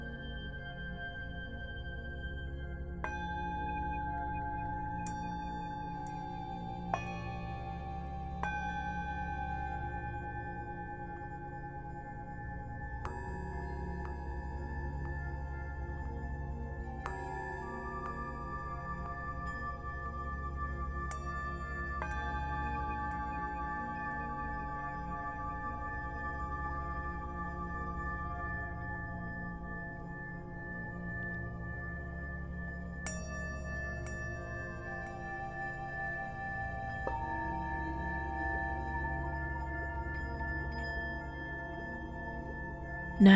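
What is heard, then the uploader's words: Tibetan singing bowls ring with long, sustained tones and shimmering overtones that hang and slowly fade. New strikes land every few seconds, around 3, 7, 13, 17, 22, 33 and 37 seconds, layering fresh pitches over a steady, pulsing low hum. This meditation has been recorded with a selection of real Tibetan (or singing) Bowls which produce a very soothing sound. These bowls have been recorded live in order to preserve the subtle sounds of the harmonic overtones they produce.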